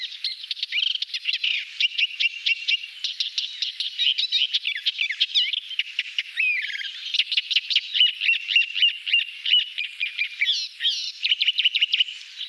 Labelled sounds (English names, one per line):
Thick-billed Warbler song